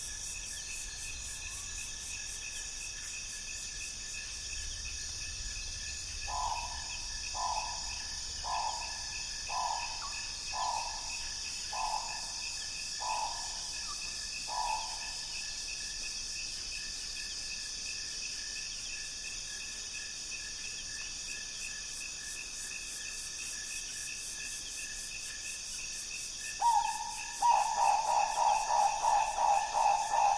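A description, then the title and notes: A dense, steady insect chorus fills the rainforest at dusk, with high buzzing bands holding throughout. From about six to fifteen seconds a bird repeats a short, even call roughly once a second, and near the end a louder, rapid trilling call starts up. The insect chorus is deafening. Turacos, hornbills, parrots and other birds prepare for the night. Recorded in the Congo Basin Rainforest with a pair of DPA 4061 HDs going into a Sound Devices Mixpre D and a Sony PCM M10.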